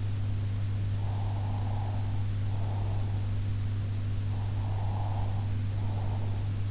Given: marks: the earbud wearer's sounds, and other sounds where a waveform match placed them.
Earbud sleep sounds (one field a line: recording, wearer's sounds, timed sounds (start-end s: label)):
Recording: sounds in sleep by an in-ear microphone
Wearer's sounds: breath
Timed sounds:
0.94-3.41 s: breath
4.27-6.54 s: breath